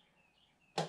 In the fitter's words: then just one click, and